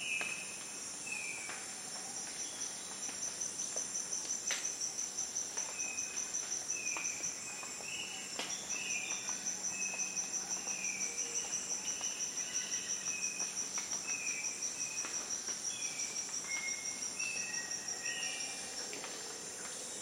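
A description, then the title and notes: Costa Rica jungle atmosphere: a dense, unbroken shrill of insects runs high and steady throughout, with a fast pulsing trill on top. Short mid-pitched bird calls come and go every second or two, with a few sharp clicks scattered between. Costa Rica jungle atmosphere.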